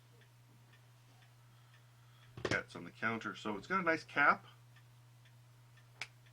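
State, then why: Seated. A cap is pushed onto the end of a pressure-sensitive stylus pen. Someone talks from about 2.4 to 4.4 seconds over a steady low hum. A short, sharp click at 6.0 seconds marks the cap snapping into place with a satisfying click.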